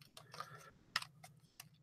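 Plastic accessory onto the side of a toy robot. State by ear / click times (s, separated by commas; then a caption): not seated / none. A plastic accessory is handled against the side of a Voltron Classic '84 toy robot, producing a few light plastic ticks and taps, the sharpest around 1.0 s. The clip ends before the part goes home, so nothing has seated or clicked into place yet.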